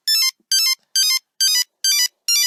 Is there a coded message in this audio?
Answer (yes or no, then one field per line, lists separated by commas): no